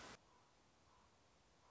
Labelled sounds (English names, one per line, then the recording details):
Common Raven
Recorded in Sonoma County, California